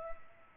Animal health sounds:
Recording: mosquito wingbeat signal from an infrared sensor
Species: Culex pipiens

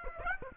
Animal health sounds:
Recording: mosquito wingbeat signal from an infrared sensor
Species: Aedes aegypti

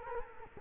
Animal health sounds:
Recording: mosquito wingbeat signal from an infrared sensor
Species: Culex quinquefasciatus

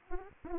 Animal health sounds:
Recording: mosquito wingbeat signal from an infrared sensor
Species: Anopheles gambiae

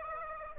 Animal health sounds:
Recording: mosquito wingbeat signal from an infrared sensor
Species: Aedes aegypti

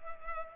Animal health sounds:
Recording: mosquito wingbeat signal from an infrared sensor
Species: Culex pipiens

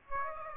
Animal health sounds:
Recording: mosquito wingbeat signal from an infrared sensor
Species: Aedes aegypti

